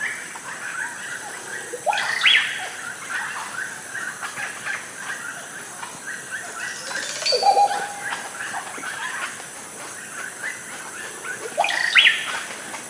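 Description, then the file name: Oropendola song: three loud liquid gurgling bursts about five seconds apart, over a steady background. "oropendola bird singing"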